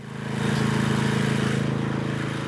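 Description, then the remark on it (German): A craftsman's power grinder works a stone grave border at a cemetery in Munich, giving a steady, loud motor drone with a rough, hissing grind over it. It runs continuously with no talking. “Ein Handwerker schleift eine Grabeinfassung zurecht.”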